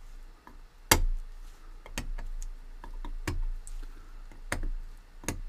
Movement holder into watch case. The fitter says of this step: gonna take my breasts tweezers push the movement holder in until it snaps down firmly in place